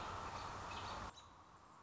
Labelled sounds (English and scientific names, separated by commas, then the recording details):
American Robin (Turdus migratorius)
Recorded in Sonoma County, California